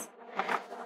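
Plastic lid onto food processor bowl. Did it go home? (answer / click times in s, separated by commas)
yes / 0.4 s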